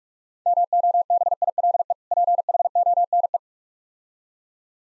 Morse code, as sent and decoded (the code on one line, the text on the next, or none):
-- --- -... .. .-.. . / .--. .... --- -. .
MOBILE PHONE